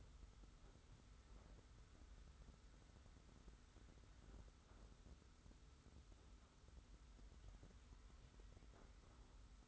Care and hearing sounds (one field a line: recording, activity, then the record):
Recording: daily activity, microphone in the room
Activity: wipe stove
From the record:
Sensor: 3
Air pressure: 991.5 hPa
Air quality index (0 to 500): 149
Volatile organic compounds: 503 ppm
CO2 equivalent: 4823 ppm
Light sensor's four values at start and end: 50/137/56/49 and 50/138/56/49